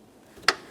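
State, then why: Seated. A small extension presses the door latch assembly in the rear door of a 2006-2011 Honda Civic, being tested after an interior rear door handle replacement, until it clicks shut. A faint low rustle is followed by a single sharp, bright click at 0.5 s that quickly fades into quiet. The latch is seated and holds when tugged.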